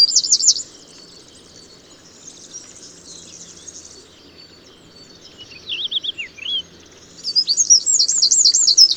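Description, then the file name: Eurasian wren song in short fragments: a brief high trill at the start, faint scratchy notes through a long quiet stretch, then a louder trilling burst near the end. "Troglodytes troglodytes"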